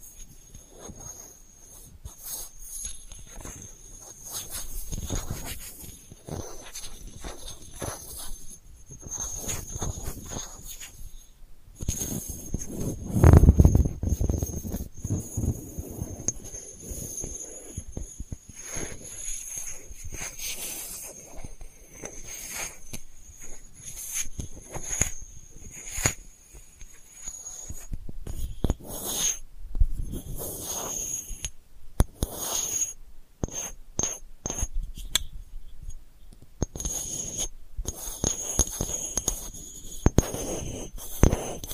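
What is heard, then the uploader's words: Delicate scratching runs the whole length in short, irregular strokes, sparse at first and growing busier toward the end. A faint, steady high whine sits underneath throughout, and one heavier, low rub stands out around thirteen seconds. ASMR Delicate Scratching for Sleep (No Talking).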